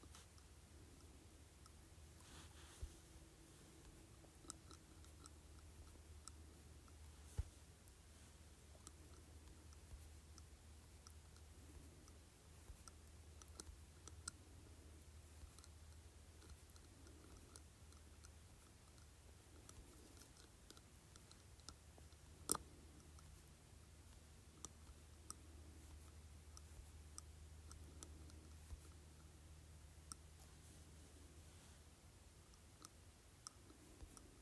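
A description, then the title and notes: A glass cup clinks against teeth in sparse, sharp little taps, irregularly spaced, with one louder click around twenty-two seconds. Between them a steady low hum runs throughout, with faint rustling and mouth sounds. ASMR Glass Cup Clinking on my Teeth.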